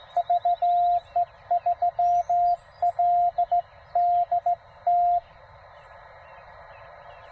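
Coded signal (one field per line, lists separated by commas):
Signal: Morse code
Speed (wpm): 18 wpm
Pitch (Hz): 690 Hz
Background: radio noise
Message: VE3LDT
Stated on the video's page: CW Parks on the Air activation.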